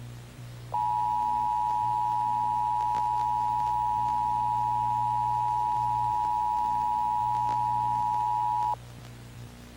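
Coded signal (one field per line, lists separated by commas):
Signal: Emergency Alert System (SAME) tones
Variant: 853 and 960 Hz attention tone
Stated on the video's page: Fictional Lightning Entity EAS mock, made with CapCut and TTS Simulator.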